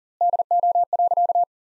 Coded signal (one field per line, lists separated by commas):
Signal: Morse code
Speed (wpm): 40 wpm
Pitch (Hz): 700 Hz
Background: none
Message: DO.